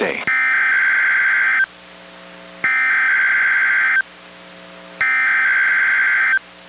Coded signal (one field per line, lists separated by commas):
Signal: Emergency Alert System (SAME) tones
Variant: header bursts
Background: speech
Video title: EAS #742: NWR Required Weekly Test- Feb. 8, 2023- 11:01AM PST